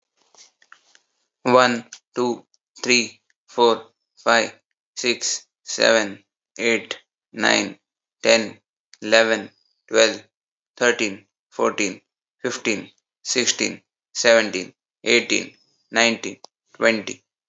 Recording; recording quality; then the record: counting at a normal pace; excellent, no background noise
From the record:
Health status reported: healthy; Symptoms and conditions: none ticked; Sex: male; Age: 23 years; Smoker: not ticked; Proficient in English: yes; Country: India